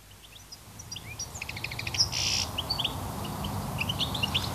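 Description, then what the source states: European goldfinch flock song, scattered high twittering and tinkling notes with a brief buzzy burst, over a low steady rumble. A flock singing in winter, before Christmas; goldfinches have grown much more numerous in recent years, are more common as winter birds, and are a south-coast species.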